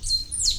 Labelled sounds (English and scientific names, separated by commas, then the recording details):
Stitchbird (Notiomystis cincta) song
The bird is a male
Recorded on Tiritiri Matangi Island, New Zealand, in 2005
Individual 21, of nest box 30